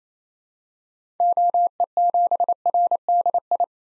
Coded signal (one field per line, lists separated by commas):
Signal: Morse code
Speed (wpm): 28 wpm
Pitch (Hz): 700 Hz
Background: none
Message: OE7RDI